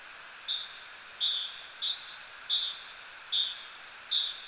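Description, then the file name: Great tit sounding a two-note phrase, high thin note then a lower one, repeated several times throughout, with steady hiss behind. "Parus major"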